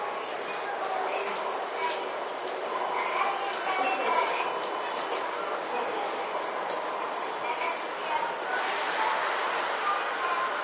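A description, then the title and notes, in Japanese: Steady, dense running noise inside a commuter train, with faint murmuring voices and brief high squeals from the wheels every few seconds. 都営10-300形(3次車) 新線新宿〜高尾山口。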